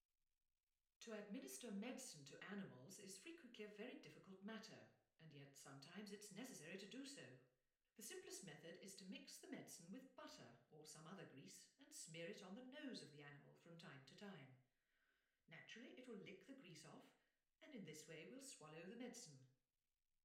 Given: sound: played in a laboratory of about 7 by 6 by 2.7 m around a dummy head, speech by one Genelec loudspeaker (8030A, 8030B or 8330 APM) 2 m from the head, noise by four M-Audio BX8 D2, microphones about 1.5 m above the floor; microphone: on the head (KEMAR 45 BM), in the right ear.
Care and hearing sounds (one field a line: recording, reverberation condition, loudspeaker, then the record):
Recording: female speech in English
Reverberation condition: medium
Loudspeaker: in front (0 degrees)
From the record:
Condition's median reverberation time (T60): about 510 ms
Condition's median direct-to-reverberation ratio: about -0.5 dB